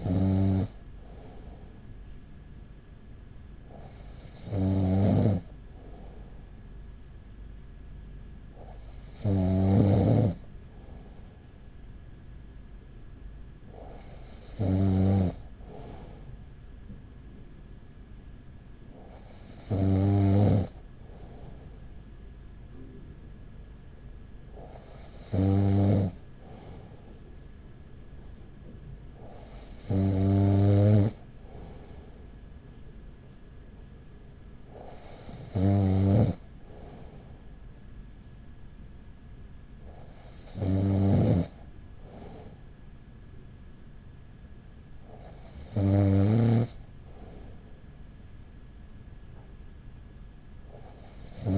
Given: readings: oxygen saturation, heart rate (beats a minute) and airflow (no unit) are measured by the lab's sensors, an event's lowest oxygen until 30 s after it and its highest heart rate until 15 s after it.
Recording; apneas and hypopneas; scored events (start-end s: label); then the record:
breathing in sleep by a smartphone at the bedside; none
none scored
From the record:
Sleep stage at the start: N2 (light sleep); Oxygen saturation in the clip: 95 to 96%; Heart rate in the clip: 39 to 43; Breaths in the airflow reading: 10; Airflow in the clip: -5.3 to 4.4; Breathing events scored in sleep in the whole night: 207 in 7.6 hours asleep